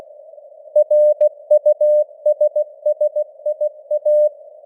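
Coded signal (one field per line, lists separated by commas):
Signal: Morse code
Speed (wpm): 16 wpm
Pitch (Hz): 600 Hz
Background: none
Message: RUSSIA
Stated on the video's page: Morse news headlines at 16 wpm with simulated radio noise and varying signal strength (QSB).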